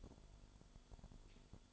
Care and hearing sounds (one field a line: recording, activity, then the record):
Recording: daily activity, microphone in the room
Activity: light off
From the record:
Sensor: 5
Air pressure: 1008.0 hPa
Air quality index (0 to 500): 99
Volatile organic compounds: 1 ppm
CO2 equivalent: 775 ppm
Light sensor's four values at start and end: 35/80/33/33 and 35/80/33/33